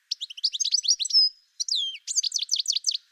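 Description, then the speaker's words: European Goldfinch song: tinkling, twittering phrases of quick bright notes and short trills, with a longer level note, a brief pause, then more rapid liquid twitters. Song sounds like random twittering, with tickle-it call notes slotted between fast, bright trills and longer notes; flows without pause and has a tinkling quality. "The song in full flow can sound like a random twittering, but listen how the tickle it sounds are slotted in between fast, bright trills and longer notes."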